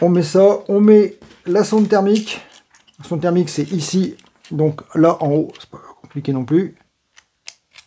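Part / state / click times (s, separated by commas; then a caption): temperature probe connector into battery management system board / seated / 7.5 s. Someone talks while the plastic connector of a thermal temperature probe is plugged into its socket at the top of a Jikong programmable 8S–17S battery management system board. After the talking stops, faint ticks lead to a sharp click at 7.5 s as the connector seats in its socket.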